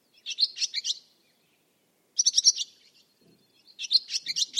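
Barn swallow calls: three clusters of rapid, high, buzzy chirps separated by short pauses, with a faint low rustle in between.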